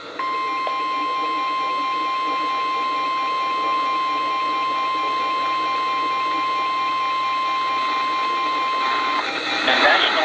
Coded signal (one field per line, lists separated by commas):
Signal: Emergency Alert System (SAME) tones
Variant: 1050 Hz attention tone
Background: speech